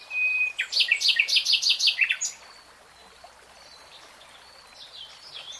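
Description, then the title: Nightingale song: a steady whistle, then an intense throbbing series of about eight loud repeated notes, then a few quiet faint notes. Singing in real time. "[Tiếng chim hót] 3 Hours REALTIME Nightingale Singing"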